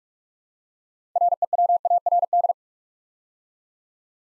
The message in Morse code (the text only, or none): REWARD